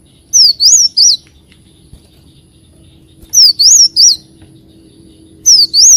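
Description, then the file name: Leafbird giving loud high whistled notes in groups of three, with short pauses between groups. "Tieng chim xanh tim"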